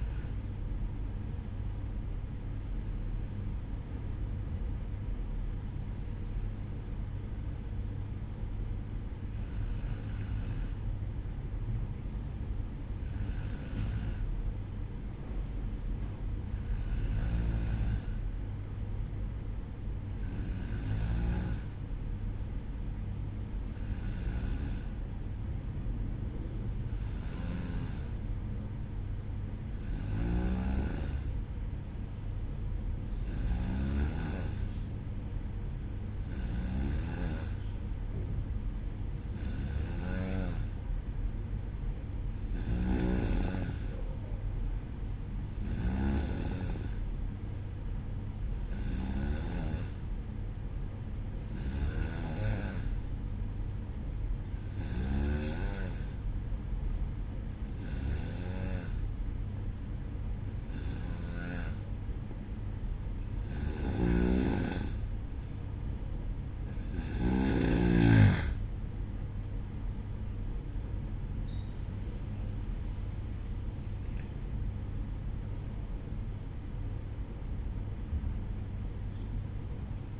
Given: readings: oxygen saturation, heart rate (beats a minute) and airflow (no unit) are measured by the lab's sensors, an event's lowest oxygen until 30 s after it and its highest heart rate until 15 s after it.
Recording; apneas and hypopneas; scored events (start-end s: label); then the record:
breathing in sleep by a smartphone at the bedside; 1
23.00-69.70 s: hypopnea (N2, oxygen 94% highest, then 90% lowest, heart rate 60 at the start, 71 highest)
74.00-80.19 s: new sleep stage, N1 (lightest sleep)
From the record:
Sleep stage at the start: N2 (light sleep); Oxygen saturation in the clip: 91 to 94%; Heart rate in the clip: 58 to 71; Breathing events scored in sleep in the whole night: 305 in 9.6 hours asleep